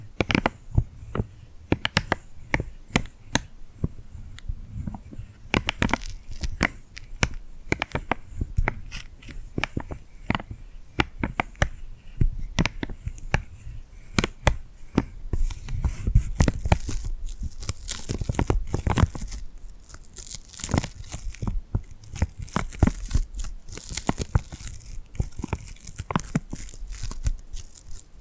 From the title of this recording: Tingly Glued Hand Sounds